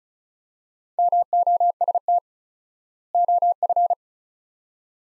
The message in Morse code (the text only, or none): MOST OF